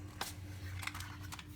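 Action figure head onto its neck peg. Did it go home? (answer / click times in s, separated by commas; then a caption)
no / none. Someone pushes the plastic head of a build-a-figure action figure onto its neck peg. Three brief plastic taps and scrapes are heard around 0.2, 0.9 and 1.4 seconds over a faint steady low hum. The head fails to seat, and nothing has clicked into place.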